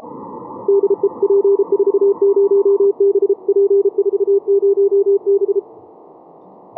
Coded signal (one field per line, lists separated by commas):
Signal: Morse code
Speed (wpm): 33 wpm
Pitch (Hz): 400 Hz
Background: none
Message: DE P40B P40B